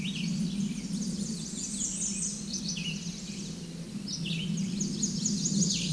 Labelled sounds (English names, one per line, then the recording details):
Red-eyed Vireo song
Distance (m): 20 m
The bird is about 10 m above the microphone
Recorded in a Pennsylvania forest on 16 May 2024 at 08:58
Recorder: AudioMoth, point MSD-2112
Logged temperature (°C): 16.3 °C
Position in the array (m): 58 m, 206 m